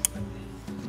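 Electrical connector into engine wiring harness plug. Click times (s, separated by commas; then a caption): 0.1 s. A crankcase vent heater plug harness connector on an M340i (G20) is pressed into its engine wiring harness plug while fitting a flex fuel kit, and it seats with a sharp click at 0.1 s. A faint second tick follows near 0.9 s over low tonal background hum. The connector is confirmed plugged in.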